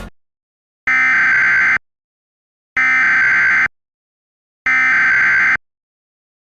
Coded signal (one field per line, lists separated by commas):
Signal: Emergency Alert System (SAME) tones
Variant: header bursts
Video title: EF - N I G H T M A R E (A Tornado Outbreak EAS Scenario)